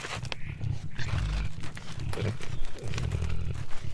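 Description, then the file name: Collared peccary grunting while foraging, deep pulsed grunts in short bursts with sharp clicking and rustling sounds between them. Javelina foraging. "javlina foraging"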